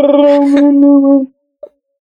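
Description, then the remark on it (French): Someone imitates a Wookiee growl: a loud, warbling, howl-like vocal cry held for over a second on a steady pitch, followed by a short faint yelp after a brief pause. “C'est le Wookiee”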